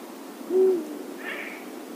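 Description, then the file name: Eurasian eagle-owl giving a single short, deep hoot, followed by a fainter higher sound a moment later. "Uhu - Bubo bubo"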